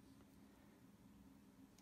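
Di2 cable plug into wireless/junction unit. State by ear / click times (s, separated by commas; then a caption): not seated / none. A Shimano Dura-Ace 9150 Di2 cable plug is slotted into the channel of an EW-WU101/111 wireless unit and lined up before being pushed home. Over a steady low hum, there is only faint handling noise and a brief faint tick at the very end, around 1.8 s. Nothing has seated or clicked yet.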